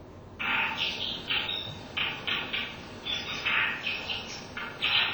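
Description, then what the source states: Brown Dipper song, a run of loud, buzzy, high-pitched notes and short trills delivered in quick bursts for about five seconds, over steady low background noise. Song along the Yukawa river, reachable from Akanuma; seems to mark territory boundaries; heard this season because the winter is warm and without snow.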